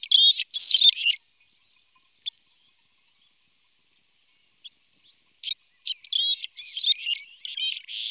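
Red-rumped swallow giving scratchy twittered phrases, one at the start and a longer run near the end, separated by a quiet gap with a few isolated clicks.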